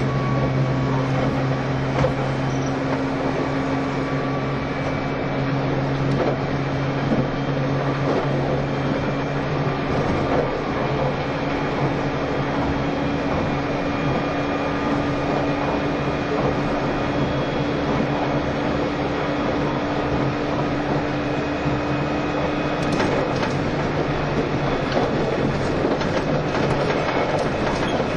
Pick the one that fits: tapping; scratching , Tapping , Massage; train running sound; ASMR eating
train running sound